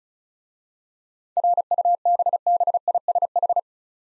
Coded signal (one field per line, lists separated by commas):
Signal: Morse code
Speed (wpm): 36 wpm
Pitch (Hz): 700 Hz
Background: none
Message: RUBBISH